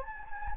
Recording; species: mosquito wingbeat signal from an infrared sensor; Anopheles gambiae